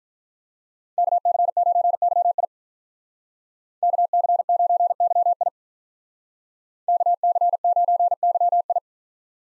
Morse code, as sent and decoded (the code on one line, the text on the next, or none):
-.- -.-. ----. -.-- .. / -.- -.-. ----. -.-- .. / -.- -.-. ----. -.-- ..
KC9YI KC9YI KC9YI